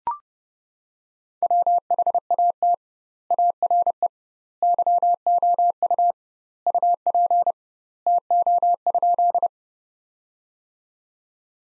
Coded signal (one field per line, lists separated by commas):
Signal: Morse code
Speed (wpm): 30 wpm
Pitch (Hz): 700 Hz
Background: none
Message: WHAT ARE YOU UP TO?